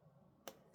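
A plastic safety washer is pushed onto the shank of a plastic safety eye set through the fabric of a crocheted amigurumi ghost. A single sharp click sounds at 0.5 s against a quiet background, and the backing is seated on the eye post.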